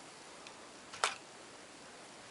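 A replacement rotary-style HC Mags magazine is pushed up into the magazine well of a Ruger 10/22 rifle. A faint tick at 0.5 s is followed by a sharp, bright click at 1.0 s as it latches. The magazine locks into place, seating more firmly than the Ruger BX-25 magazine.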